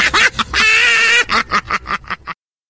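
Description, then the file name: Monkey calling with harsh, chattering bursts, a drawn-out scream in the middle, then a quick run of shorter, fading calls. "monyet"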